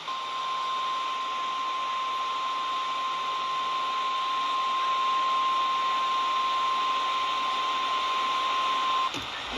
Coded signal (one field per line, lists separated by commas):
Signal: Emergency Alert System (SAME) tones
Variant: 1050 Hz attention tone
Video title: March Madness: Tornado Drill Edition …EAS Tests From March 8-9, 2022